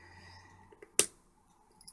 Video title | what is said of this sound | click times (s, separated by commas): 38 Minutes of Watching Glue Set - PWM5 (fanatics only) | clicked into place that ain't never coming back out is it fully | 1.0 s